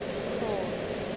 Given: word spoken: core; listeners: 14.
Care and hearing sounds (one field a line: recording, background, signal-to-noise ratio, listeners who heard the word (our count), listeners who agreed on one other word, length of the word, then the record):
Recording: one English word in noise, from a listening test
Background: speech-shaped noise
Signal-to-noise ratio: -5.4 dB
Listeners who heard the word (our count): 1 of 14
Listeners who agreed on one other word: 7 of 14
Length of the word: 0.76 s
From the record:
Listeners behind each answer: 7, 2, 1, 1, 1, 1, 1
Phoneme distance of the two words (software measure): 7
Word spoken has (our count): 1 syllable, 2 phonemes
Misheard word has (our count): 1 syllable, 3 phonemes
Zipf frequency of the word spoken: 4.31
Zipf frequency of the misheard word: 3.94